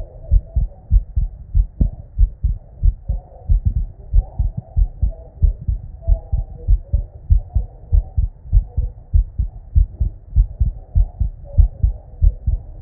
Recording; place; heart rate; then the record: heart sounds by stethoscope; Erb's point; 96 bpm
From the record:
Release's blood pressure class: normal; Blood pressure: 104/54 mmHg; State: at rest